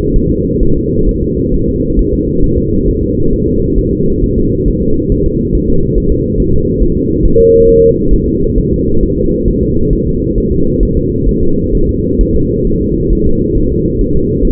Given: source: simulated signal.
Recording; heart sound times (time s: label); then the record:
fetal heart sounds
0.16 s: S1
0.31 s: S2
0.63 s: S1
0.77 s: S2
1.09 s: S1
1.23 s: S2
1.54 s: S1
1.69 s: S2
1.99 s: S1
2.13 s: S2
2.44 s: S1
2.58 s: S2
2.88 s: S1
3.03 s: S2
3.33 s: S1
3.48 s: S2
3.78 s: S1
3.93 s: S2
4.24 s: S1
4.38 s: S2
4.68 s: S1
4.82 s: S2
5.12 s: S1
5.26 s: S2
5.55 s: S1
5.70 s: S2
5.98 s: S1
6.12 s: S2
6.40 s: S1
6.54 s: S2
6.82 s: S1
6.97 s: S2
7.25 s: S1
7.40 s: S2
7.69 s: S1
7.83 s: S2
8.14 s: S1
8.28 s: S2
8.58 s: S1
8.73 s: S2
9.03 s: S1
9.18 s: S2
9.48 s: S1
9.63 s: S2
9.93 s: S1
10.07 s: S2
10.38 s: S1
10.52 s: S2
10.83 s: S1
10.97 s: S2
11.29 s: S1
11.43 s: S2
11.75 s: S1
11.89 s: S2
12.21 s: S1
12.35 s: S2
12.67 s: S1
12.82 s: S2
13.13 s: S1
13.27 s: S2
13.58 s: S1
13.72 s: S2
14.01 s: S1
14.16 s: S2
14.45 s: S1
From the record:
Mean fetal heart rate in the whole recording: 135 bpm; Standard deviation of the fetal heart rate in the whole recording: 3 bpm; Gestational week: 36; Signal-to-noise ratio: -16.4 dB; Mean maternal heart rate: 72 bpm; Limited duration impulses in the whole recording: present